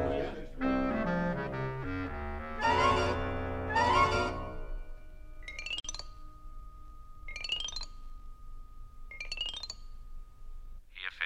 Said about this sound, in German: Gut, meine Herren, wollen wir darauf anstoßen.